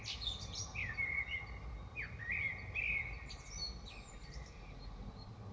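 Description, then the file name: Common blackbird song: rich fluty whistled notes sliding up and down, broken by thin high squeaky twitters, repeated in quick succession against faint low background noise. Recorded in Dresden. "DRESDE Merle"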